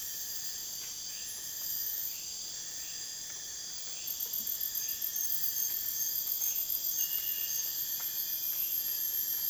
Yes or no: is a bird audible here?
no